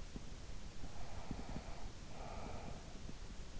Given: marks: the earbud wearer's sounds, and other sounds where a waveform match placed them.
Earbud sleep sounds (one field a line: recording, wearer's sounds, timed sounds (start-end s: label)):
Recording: sounds in sleep by an in-ear microphone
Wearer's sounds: breath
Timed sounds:
0.46-3.43 s: breath